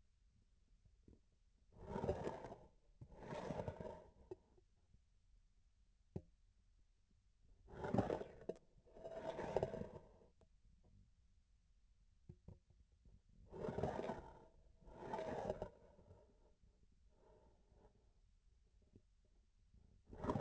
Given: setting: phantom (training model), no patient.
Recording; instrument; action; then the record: laparoscopic instrument, vibration sensor on the handle end; grasping forceps; approaching and retracting movements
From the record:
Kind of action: spatial motion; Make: other than Olympus